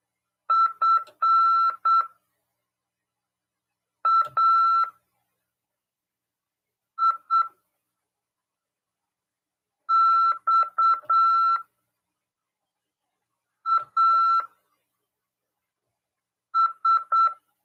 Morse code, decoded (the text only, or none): FAIXAS